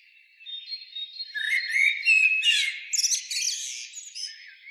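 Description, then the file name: Common blackbird phrase that starts with brief whistled notes and swells into a loud, squeaky, chattering twitter before fading. "Turdus merula"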